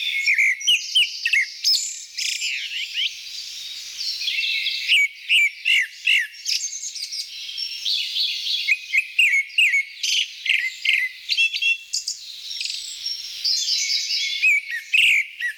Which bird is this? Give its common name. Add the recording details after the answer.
Grey-backed Thrush. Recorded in the wild. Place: Ussuriskij-Reservat, RU. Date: 1994-06-08. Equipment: Dat-Recorder Casio DA 7, Telinga DAT, Telinga-Parabolspiegel. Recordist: Schwarz, Dieter